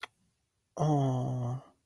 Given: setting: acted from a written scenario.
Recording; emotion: vocal sound without words; adoration